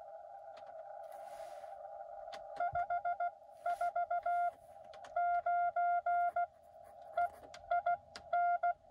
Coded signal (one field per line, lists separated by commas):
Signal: Morse code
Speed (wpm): 16 wpm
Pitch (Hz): 690 Hz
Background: none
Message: 549 EIN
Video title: Rainy drive-by POTA Morse code (cootie) activation of K-1024 (Silver Springs) on 10/25/2022.